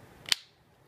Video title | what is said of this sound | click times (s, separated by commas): Heart Gears Assembly | that'll snap right in there | 0.3 s